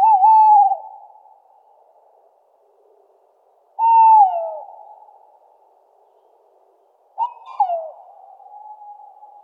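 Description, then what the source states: Tawny Owl giving three tonal hoots roughly three and a half seconds apart, each held steady then sliding downward, with a soft lingering tail after each. Breeding season; males still courting females call, and the call carries far; nests in large tree holes, also in mountains.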